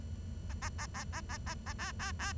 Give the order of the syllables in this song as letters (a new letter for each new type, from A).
A A A A A A A A B B B